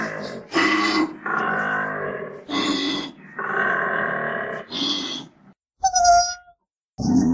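Koala bellowing in deep, rasping, snore-like grunts, each lasting about half a second to just over a second in a repeated series, followed by a brief tonal squeal and another grunt.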